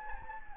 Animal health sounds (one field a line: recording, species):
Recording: mosquito wingbeat signal from an infrared sensor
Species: Anopheles gambiae